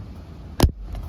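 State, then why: Seated. A plastic door trim piece is set back into the front door of a 2013 Ford F150 truck after a speaker install. One sharp, loud snap at 0.6 s, followed by a faint knock at 0.7 s and a soft tap at 1.0 s, stands out over low background noise. The trim piece is seated.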